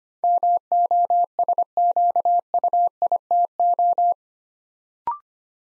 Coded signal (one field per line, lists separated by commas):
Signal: Morse code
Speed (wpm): 25 wpm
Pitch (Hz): 700 Hz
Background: none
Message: MOSQUITO